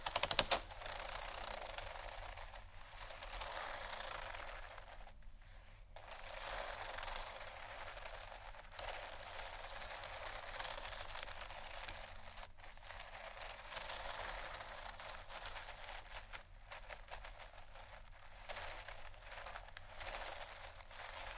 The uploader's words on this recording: ASMR 4 Textured Bags 1 Hour（No Talking）.